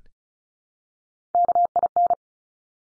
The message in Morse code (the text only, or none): KIN